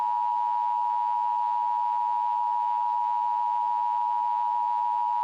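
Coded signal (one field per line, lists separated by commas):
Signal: Emergency Alert System (SAME) tones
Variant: 853 and 960 Hz attention tone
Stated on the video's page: Fictional EAS tornado scenario, simulated.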